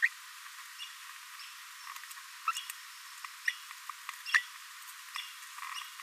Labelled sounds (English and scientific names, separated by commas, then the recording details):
Green-rumped Parrotlet (Forpus passerinus) babbling
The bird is a male
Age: 22 days
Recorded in a nest box in Venezuela
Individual 17B42A3